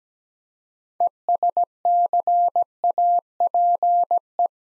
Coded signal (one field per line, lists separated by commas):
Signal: Morse code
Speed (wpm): 17 wpm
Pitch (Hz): 700 Hz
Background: none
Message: ESCAPE